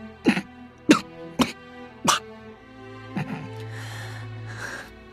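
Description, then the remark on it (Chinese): Four short, raspy coughs in a steady rhythm, then a weaker cough and a few strained, breathy gasps as the sound trails off; the voice hoarse and weak, as if forced from the throat with all his strength. “唐静变色，明贤咳嗽几声，声音嘶哑无力，像是竭尽全力从喉咙里发出来似的。”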